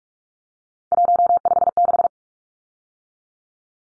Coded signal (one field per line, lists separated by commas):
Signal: Morse code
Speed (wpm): 44 wpm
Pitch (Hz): 700 Hz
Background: none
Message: 156